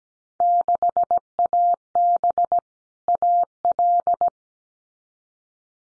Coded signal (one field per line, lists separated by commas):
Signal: Morse code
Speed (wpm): 17 wpm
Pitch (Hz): 700 Hz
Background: none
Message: 6AB AL